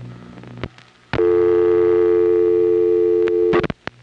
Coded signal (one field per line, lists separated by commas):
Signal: telephone call progress tone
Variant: North America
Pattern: dial tone